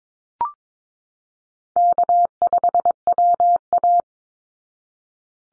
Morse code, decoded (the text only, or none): K5WA